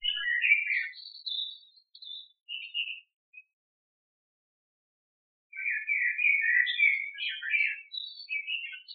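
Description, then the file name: Bird twittering, a chattering burst of high chirps and thin whistles, a silent gap of about two seconds, then more busy overlapping chirps until the end. "Birds by the Shrine of the Bab"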